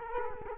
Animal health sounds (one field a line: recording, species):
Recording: mosquito wingbeat signal from an infrared sensor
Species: Culex quinquefasciatus